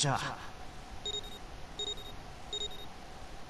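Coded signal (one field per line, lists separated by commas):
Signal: none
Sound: game puzzle beeps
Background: speech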